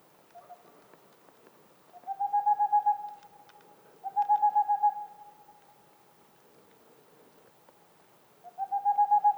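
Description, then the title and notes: Boreal owl hoot sequences, three rapid bursts of soft repeated notes, with scattered faint clicks between. Male singing near a black woodpecker nest hole; mountains near the Mediterranean, 2 April 2019, 20:15; homemade parabolic dish, two omnidirectional mics, MixPre-3; heard after nearly two hours' wait. "Une chouette pas si boréale. 02 avril 2019-20h15-en montagne. la Tengmalm boréale ( Aegolius funereus) , pas si boréale que cela car nous sommes aux portes de la méditerranée"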